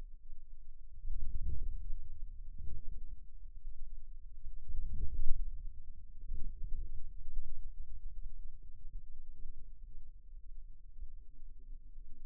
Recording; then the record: forearm muscle sounds (acoustic myography)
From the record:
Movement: outward rotation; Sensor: system 2, bracelet of six BSWA MPA416 microphones around the upper forearm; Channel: 1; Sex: male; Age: 22 years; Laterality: right